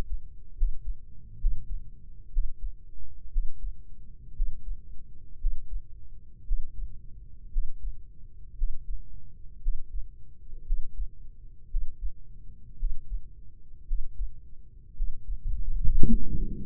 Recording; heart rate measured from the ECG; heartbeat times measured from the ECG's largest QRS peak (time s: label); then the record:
heart sounds by microphone in the right ear; 58 bpm
0.55 s: heartbeat
1.38 s: heartbeat
2.31 s: heartbeat
3.30 s: heartbeat
4.34 s: heartbeat
5.39 s: heartbeat
6.45 s: heartbeat
7.50 s: heartbeat
8.56 s: heartbeat
9.61 s: heartbeat
10.65 s: heartbeat
11.69 s: heartbeat
12.77 s: heartbeat
13.85 s: heartbeat
14.94 s: heartbeat
16.06 s: heartbeat
From the record:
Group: healthy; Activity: breath hold 0-14 s, rest 14-17 s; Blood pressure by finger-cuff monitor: 116/76 mmHg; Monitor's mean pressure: 86 mmHg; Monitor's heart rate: 58 bpm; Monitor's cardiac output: 4.6 L/min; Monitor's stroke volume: 76 mL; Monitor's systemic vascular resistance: 1390 dyn s/cm5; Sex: female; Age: 23 years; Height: 160 cm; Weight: 50.4 kg